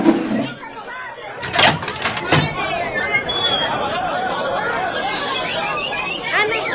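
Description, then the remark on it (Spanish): A crowd of many people outside shouting and chattering at once, a sustained, overlapping din with a few sharp bursts early on and high, piercing cries mixed into the babble; the angry crowd wants to go and burn the mine. “Hay tanto ruido. Son gritos de mucha gente.”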